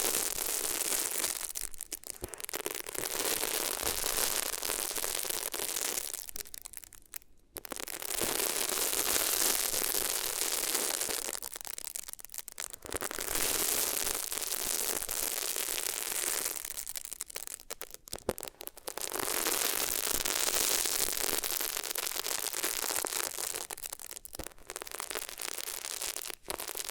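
Rough, hissing rubbing against the ears in long scratchy strokes, broken by brief pauses near 7, 12, 18 and 24 seconds.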